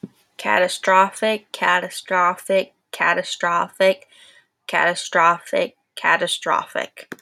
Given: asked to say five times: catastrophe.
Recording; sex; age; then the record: repeated word; female; 20 to 29 years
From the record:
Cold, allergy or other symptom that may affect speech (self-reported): no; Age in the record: 21 years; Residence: Florida, United States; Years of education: 16